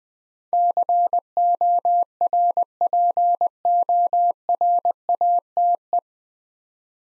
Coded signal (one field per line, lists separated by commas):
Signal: Morse code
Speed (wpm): 20 wpm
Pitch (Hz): 700 Hz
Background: none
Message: CORPORATE